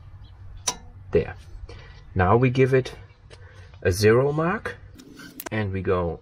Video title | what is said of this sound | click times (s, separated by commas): We install All Terain tires, Brembo Brakes and Wheel Spacers on our Land Rover Discovery 3 | We turn it counterclockwise until it snaps. There. | 0.7 s